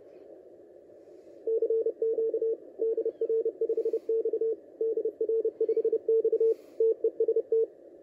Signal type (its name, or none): Morse code